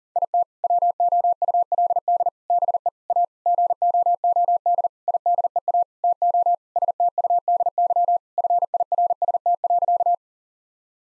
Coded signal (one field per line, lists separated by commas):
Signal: Morse code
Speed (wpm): 40 wpm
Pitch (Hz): 700 Hz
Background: none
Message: IT WOULD BE A GOOD IDEA TO STUDY FIRST.